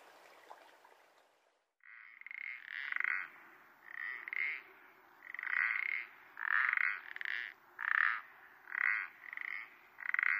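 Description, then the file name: Common parsley frog: after a brief quiet start, a string of short creaky croaks. "pelodyte-ponctué"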